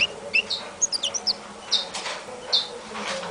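African citril giving brief, high thin chirps in scattered bursts, several quick notes early, then a few single chirps spaced out.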